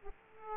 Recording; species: mosquito wingbeat signal from an infrared sensor; Aedes aegypti